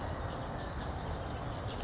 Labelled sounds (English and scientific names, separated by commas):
Western Flycatcher (Empidonax difficilis)